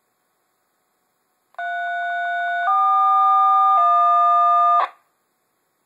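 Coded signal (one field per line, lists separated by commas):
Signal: DTMF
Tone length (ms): 1090 ms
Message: 341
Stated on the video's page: Three DTMF tones played back by a re-flashed UV-3R radio when it receives a strong signal on 145.525.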